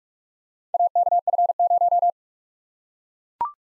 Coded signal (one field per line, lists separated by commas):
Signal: Morse code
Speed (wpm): 43 wpm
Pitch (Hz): 700 Hz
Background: none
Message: AKF0